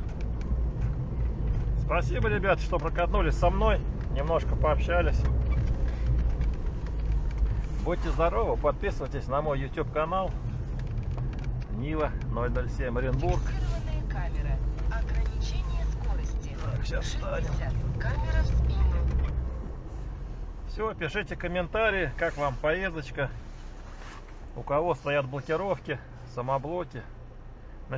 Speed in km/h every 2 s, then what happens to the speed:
11, 12, 11, 9, 9, 12, 10, 8, 7, 9, 9, 10, 12, 12.
0-28 steady at about 10.